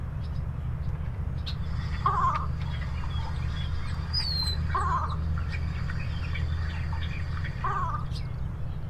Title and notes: Friday, June 24, 2016 at 8:04am. Least Bittern (contact call) in side channel of the Big Gut in Dyke Marsh.